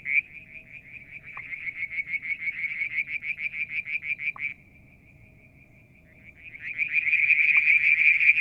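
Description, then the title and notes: Frog calling with a pulsed high trill that strengthens, drops to a steady faint tone, then returns loudly, with a few short clicks. Striped marsh frog, Verreaux's tree frog and an unidentified frog; Mount Wilson, New South Wales, Australia; July 2022; evening near a water tank. "Frog song, Mount Wilson, New South Wales, Australia in July 2022. Limnodynastes Peronii, Litoria Verreauxii and a mystery frog one evening near the water tank"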